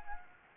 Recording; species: mosquito wingbeat signal from an infrared sensor; Anopheles arabiensis